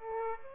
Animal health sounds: mosquito wingbeat signal from an infrared sensor; Aedes aegypti

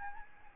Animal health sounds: mosquito wingbeat signal from an infrared sensor; Aedes albopictus

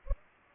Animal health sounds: mosquito wingbeat signal from an infrared sensor; Culex pipiens

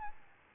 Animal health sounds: mosquito wingbeat signal from an infrared sensor; Aedes albopictus

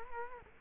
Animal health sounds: mosquito wingbeat signal from an infrared sensor; Culex quinquefasciatus

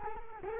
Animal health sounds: mosquito wingbeat signal from an infrared sensor; Culex quinquefasciatus

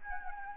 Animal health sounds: mosquito wingbeat signal from an infrared sensor; Anopheles gambiae

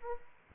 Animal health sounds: mosquito wingbeat signal from an infrared sensor; Aedes aegypti

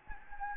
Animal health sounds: mosquito wingbeat signal from an infrared sensor; Anopheles gambiae

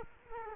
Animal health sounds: mosquito wingbeat signal from an infrared sensor; Culex quinquefasciatus

